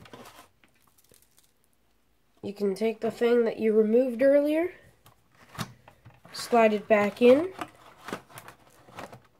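A previously removed plastic part is handled and slid back toward its place in a robot vacuum, with light scraping and tapping while someone talks. Nothing has seated or clicked yet when the clip ends, just before the part goes home.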